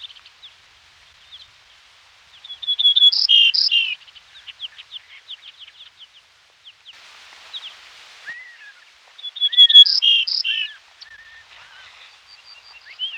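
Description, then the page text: Grey-necked bunting singing two brief phrases of several clear, ringing notes, with softer notes and a short hiss between. "Grey-Necked Bunting Song. Quick Sounds"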